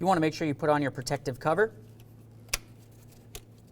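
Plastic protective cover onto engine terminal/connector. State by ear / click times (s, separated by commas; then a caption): seated / 2.5 s. Someone talks, then a plastic protective cover is pressed onto an engine terminal or connector while reassembling after replacing the water pump on a 2009-2020 Dodge Journey. A sharp snap at 2.5 s shows the cover has locked in place, and a fainter tick follows at 3.4 s.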